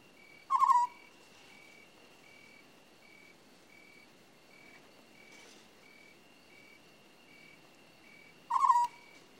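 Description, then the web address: African scops owl giving short, purring trilled notes near one pitch, two calls about eight seconds apart, over steady pulsing insect chirps and a faint high hum. "The BBC Sound Effects Library. African Scops Owl"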